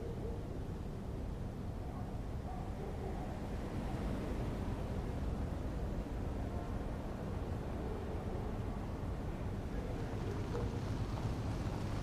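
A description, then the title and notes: Night-time ambience on a quiet residential street: a steady, dense low rumble like traffic fills the whole clip at an even level. Faint hums drift through the middle, and a slightly brighter swell passes near the end, perhaps a vehicle. Quiet neighbourhood street ambience | residential area at night. Distant sound.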